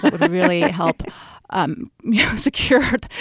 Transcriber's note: laughter